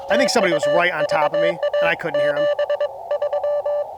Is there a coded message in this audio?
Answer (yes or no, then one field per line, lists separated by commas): yes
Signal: Morse code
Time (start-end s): 0.1-3.8 s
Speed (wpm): 24 wpm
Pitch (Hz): 590 Hz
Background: speech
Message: TU VA 73